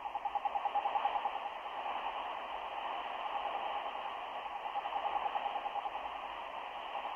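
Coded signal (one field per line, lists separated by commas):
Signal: radio time signal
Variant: RWM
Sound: fast train of short beeps, about ten per second, fading in and out under static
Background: radio static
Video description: Sonidos: CW, Beeps. ( 10 Pulsos por Segundo ).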